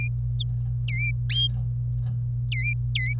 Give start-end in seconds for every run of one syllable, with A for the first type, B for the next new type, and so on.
0.88-1.11 A, 2.52-3.13 A